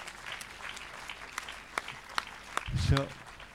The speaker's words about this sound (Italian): Ma però cosa applaudite? È una tragedia, no?